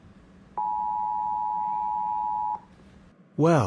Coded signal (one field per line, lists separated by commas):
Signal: Emergency Alert System (SAME) tones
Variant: 853 and 960 Hz attention tone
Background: speech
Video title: “Rating EAS Alarms” But It Is In Plotagon